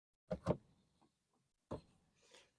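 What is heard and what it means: The plastic right half of a KUNIST mesh grille insert for a Tesla Model 3/Y, the second piece, is lined up with the holes of the first piece and pressed into the bumper grille opening. Two quick snapping clicks are heard at 0.3 s and 0.5 s, followed by softer handling sounds. The piece is seated in place.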